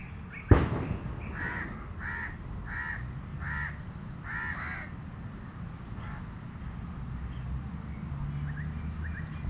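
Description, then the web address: Crow giving several harsh caws in a row after a sharp bang at the start, then only low background rumble remains. Street recording, South India, 2018. "travelogue 2018 South India street recordings birds. crows"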